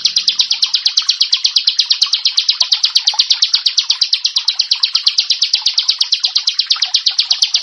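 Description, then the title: Prinia song, a regular chain of sharp, high notes repeated rapidly. "Ciblek Sawah"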